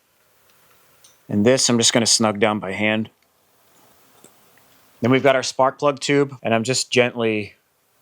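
A spark plug tube with O-rings is handled and gently pushed toward the cylinder head of a KTM 350 motorcycle engine while someone talks, with faint small clicks and taps between phrases. The clip ends before the tube goes home, and nothing has seated or clicked yet.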